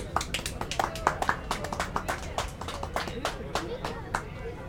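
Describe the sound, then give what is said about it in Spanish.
A small audience at a fanzine gathering in July 2025 claps for the presenter of the Flor de Perro and Thea Stultifera projects, a steady patter of sharp, overlapping hand claps lasting several seconds, with a low murmur of voices underneath. “Un aplauso, por favor.”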